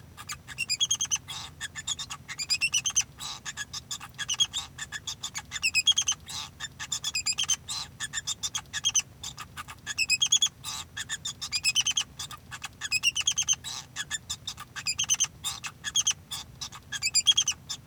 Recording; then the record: song of a male Bengalese finch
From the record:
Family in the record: son of father 2